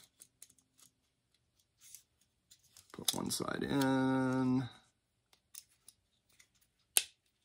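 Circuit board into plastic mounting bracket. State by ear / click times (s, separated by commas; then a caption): seated / 7.0 s. A small circuit board is fitted into a plastic mounting bracket, one side going in first and then the other side pressed down, with light ticks and handling noises while someone talks. A sharp, loud click at 7.0 s marks the board snapping into place, fully seated.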